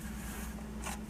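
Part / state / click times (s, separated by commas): expansion card into motherboard PCIe slot / not seated / none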